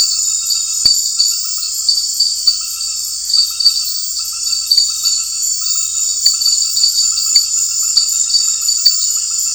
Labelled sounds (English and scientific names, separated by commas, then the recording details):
none
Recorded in secondary vegetation near Puerto Asís, Putumayo, Colombia, on 9 March 2025 at 19:30
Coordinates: 0.499, -76.323
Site G094